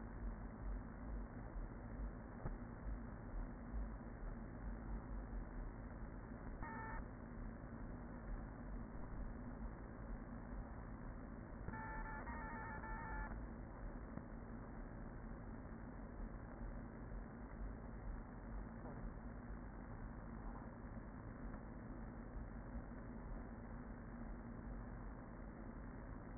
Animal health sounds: honeybee colony, microphone inside the hive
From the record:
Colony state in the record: queen present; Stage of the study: after two queens were removed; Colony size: about 40,000 bees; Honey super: no

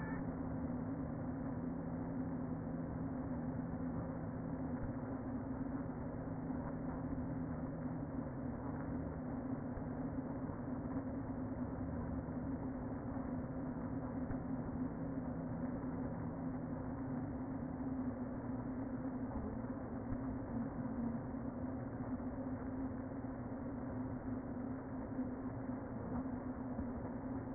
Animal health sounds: honeybee colony, microphone inside the hive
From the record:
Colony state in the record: queen present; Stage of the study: before two queens were removed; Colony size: about 60,000 bees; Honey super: yes

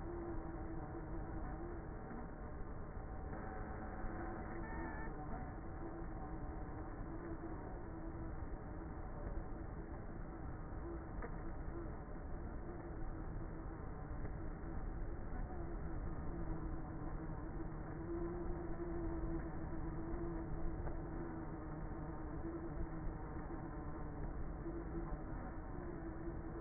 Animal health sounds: honeybee colony, microphone inside the hive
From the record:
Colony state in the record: queenless with a low population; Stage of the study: before two queens were removed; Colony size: about 30,000 bees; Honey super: no

